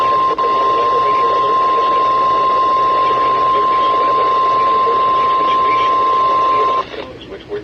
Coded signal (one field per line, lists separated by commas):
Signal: Emergency Alert System (SAME) tones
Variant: 1050 Hz attention tone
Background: speech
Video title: Lincoln Phone Drop | EAS Tests From 2/23/2022 (EAS #1,297-1,302)